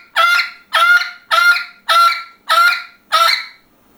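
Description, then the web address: Parrot producing six strident, nasal squawks at a steady pace of roughly one every 0.6 seconds, ending in quiet. "попугай"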